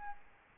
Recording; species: mosquito wingbeat signal from an infrared sensor; Aedes albopictus